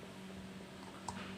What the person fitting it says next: sudah terkunci Ya